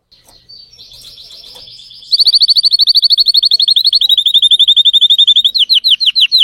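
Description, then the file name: Spanish Timbrado canary song: a soft high warble, then a loud rapid trill of repeated notes, ending in a few more spaced, sweeping notes. Spanish Timbrado canary song, described as Belgian canary. "canto do canario belga timbrado espanhol"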